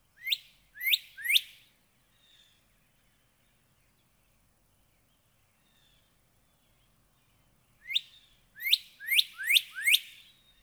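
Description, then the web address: Northern cardinal song: three rising whistled notes, a long quiet gap, then a group of five similar upswept whistles. "birdsongforthecurious songs Northern Cardinal"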